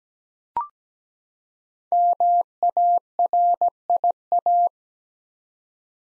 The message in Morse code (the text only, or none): MARIA